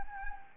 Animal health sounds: mosquito wingbeat signal from an infrared sensor; Anopheles gambiae

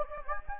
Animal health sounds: mosquito wingbeat signal from an infrared sensor; Anopheles gambiae

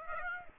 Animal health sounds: mosquito wingbeat signal from an infrared sensor; Aedes aegypti

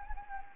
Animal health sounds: mosquito wingbeat signal from an infrared sensor; Anopheles gambiae

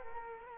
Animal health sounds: mosquito wingbeat signal from an infrared sensor; Culex quinquefasciatus

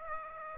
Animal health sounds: mosquito wingbeat signal from an infrared sensor; Aedes aegypti

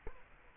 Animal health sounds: mosquito wingbeat signal from an infrared sensor; Culex quinquefasciatus

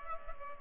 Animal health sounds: mosquito wingbeat signal from an infrared sensor; Culex pipiens

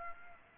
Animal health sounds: mosquito wingbeat signal from an infrared sensor; Aedes aegypti

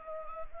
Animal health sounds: mosquito wingbeat signal from an infrared sensor; Anopheles gambiae

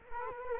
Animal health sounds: mosquito wingbeat signal from an infrared sensor; Culex quinquefasciatus

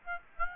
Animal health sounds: mosquito wingbeat signal from an infrared sensor; Aedes aegypti

